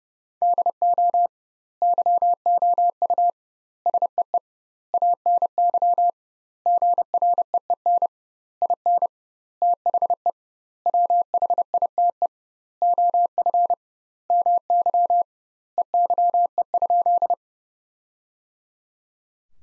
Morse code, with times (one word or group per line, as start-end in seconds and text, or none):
0.4-1.3 DO
1.8-3.3 YOU
3.9-4.4 SEE
4.9-6.1 ANY
6.7-8.1 GREEN
8.6-9.1 IN
9.6-10.3 THE
10.9-12.3 WHITE
12.8-13.7 OF
14.3-15.2 MY
15.8-17.3 EYE?